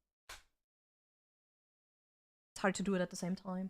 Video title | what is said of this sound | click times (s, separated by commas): UNBOXING the Switch 2 - First Impression & Comparison !!!【Handcam】 | click them into place. Uh it feels really really nice. | 0.3 s